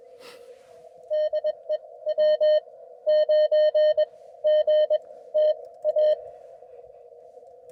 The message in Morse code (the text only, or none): DE W9GTA